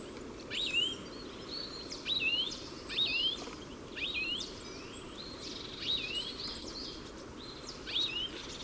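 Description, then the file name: European goldfinch calls, bright liquid tinkling notes in short bursts every one to two seconds, over a steady background hiss. "Carduelis carduelis"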